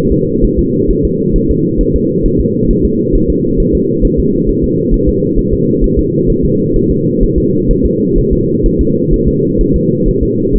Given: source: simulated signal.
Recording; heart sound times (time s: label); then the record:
fetal heart sounds
0.12 s: S2
0.45 s: S1
0.59 s: S2
0.91 s: S1
1.05 s: S2
1.36 s: S1
1.51 s: S2
1.81 s: S1
1.96 s: S2
2.26 s: S1
2.41 s: S2
2.71 s: S1
2.85 s: S2
3.16 s: S1
3.30 s: S2
3.60 s: S1
3.75 s: S2
4.05 s: S1
4.20 s: S2
4.49 s: S1
4.64 s: S2
4.94 s: S1
5.09 s: S2
5.39 s: S1
5.53 s: S2
5.84 s: S1
5.99 s: S2
6.30 s: S1
6.45 s: S2
6.76 s: S1
6.91 s: S2
7.23 s: S1
7.38 s: S2
7.71 s: S1
7.86 s: S2
8.19 s: S1
8.33 s: S2
8.66 s: S1
8.81 s: S2
9.14 s: S1
9.28 s: S2
9.61 s: S1
9.76 s: S2
10.08 s: S1
10.23 s: S2
10.56 s: S1
From the record:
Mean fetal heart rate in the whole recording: 130 bpm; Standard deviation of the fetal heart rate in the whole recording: 4 bpm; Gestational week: 38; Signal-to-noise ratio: -11.2 dB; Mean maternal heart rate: 72 bpm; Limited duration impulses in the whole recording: present